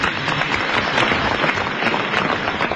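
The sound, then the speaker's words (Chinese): Steady, dense applause from a xiangsheng (Chinese comic crosstalk) audience, many hands clapping at once in a continuous, fairly loud burst with no voices over it. “您要想听，您鼓鼓掌吧”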